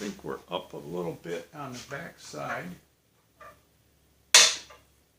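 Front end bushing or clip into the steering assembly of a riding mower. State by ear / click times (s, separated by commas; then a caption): seated / 4.4 s. During a front end rebuild (tie rods and kingpins) on a Snapper rear-engine riding mower, someone talks and then pushes a front end bushing or clip into the steering assembly. A single loud, sharp snap comes at 4.4 s, and the part seats, snapping into place to stiffen up the front end.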